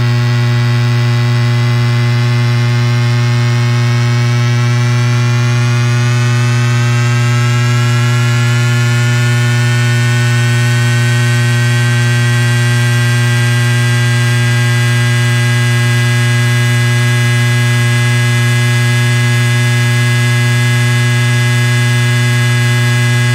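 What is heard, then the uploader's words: An old TV picture tube gives off a steady, unbroken hum with a strong low drone and a dense buzz layered above it. Over the first ten seconds a cluster of higher whining tones slowly bends upward in pitch, then holds steady to the end. Recordings of an old TV picture tube made by Dan Bodah in Northampton, Massachusetts with a contact mic.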